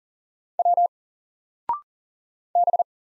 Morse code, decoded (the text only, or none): W B